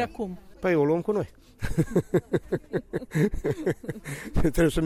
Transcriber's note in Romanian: Râde